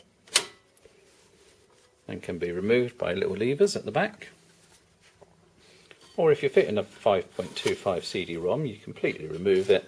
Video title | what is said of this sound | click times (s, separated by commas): X-Case RM 100 Gen II 1u Rackmount Case | so lots of little combinations here these will click in really nicely | 0.4 s